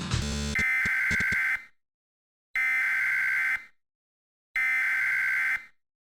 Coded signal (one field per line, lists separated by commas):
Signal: Emergency Alert System (SAME) tones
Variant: header bursts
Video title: EAS Scenario (In Film): The Quiet Place 2